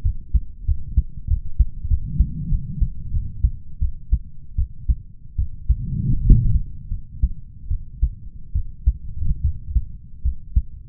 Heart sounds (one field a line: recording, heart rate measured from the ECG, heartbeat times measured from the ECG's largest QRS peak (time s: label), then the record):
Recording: heart sounds by stethoscope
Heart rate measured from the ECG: 82 bpm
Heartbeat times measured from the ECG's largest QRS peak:
0.02 s: heartbeat
0.65 s: heartbeat
1.27 s: heartbeat
1.88 s: heartbeat
2.49 s: heartbeat
3.11 s: heartbeat
3.79 s: heartbeat
4.56 s: heartbeat
5.36 s: heartbeat
6.21 s: heartbeat
6.89 s: heartbeat
7.68 s: heartbeat
8.53 s: heartbeat
9.42 s: heartbeat
10.22 s: heartbeat
From the record:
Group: healthy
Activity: rest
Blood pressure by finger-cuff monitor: 98/67 mmHg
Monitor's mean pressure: 77 mmHg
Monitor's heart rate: 74 bpm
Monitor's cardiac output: 6.1 L/min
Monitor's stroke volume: 79 mL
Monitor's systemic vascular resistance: 920 dyn s/cm5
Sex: male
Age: 20 years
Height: 187 cm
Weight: 68.9 kg